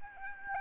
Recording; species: mosquito wingbeat signal from an infrared sensor; Aedes albopictus